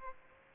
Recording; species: mosquito wingbeat signal from an infrared sensor; Aedes aegypti